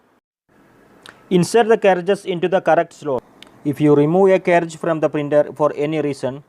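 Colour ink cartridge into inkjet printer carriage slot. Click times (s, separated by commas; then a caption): 1.1 s. A plastic HP 653 colour ink cartridge is slid into its slot in the carriage of an HP Deskjet 6075 inkjet printer, and the latch is closed over it the same way as for the black cartridge. A single sharp click is heard at 1.1 s as the latch shuts and the cartridge seats, and then someone talks.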